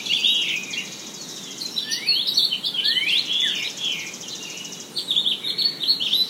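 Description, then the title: Several birds calling, with rapid chirps and a few upward-sweeping whistles tumbling over one another above a low hiss. Forest, Kennebunkport, Maine, USA. "丛林中的鸟叫_美国缅因州肯纳邦克波特"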